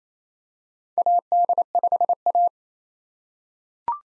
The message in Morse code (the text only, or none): AD5A